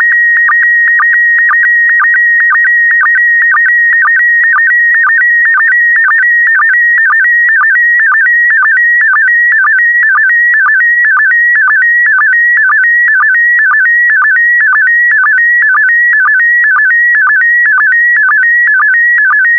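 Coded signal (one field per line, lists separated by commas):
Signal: SSTV (slow-scan television)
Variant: PD120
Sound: steady warbling high tone with quick regular chirping dips, repeating about twice a second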